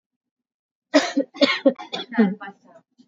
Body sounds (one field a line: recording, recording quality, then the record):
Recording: shallow voluntary cough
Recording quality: excellent, no background noise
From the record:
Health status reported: exposed to COVID-19, no respiratory illness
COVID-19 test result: not tested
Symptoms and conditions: sore throat, muscle pain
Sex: female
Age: 25 years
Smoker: not ticked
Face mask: worn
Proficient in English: yes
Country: India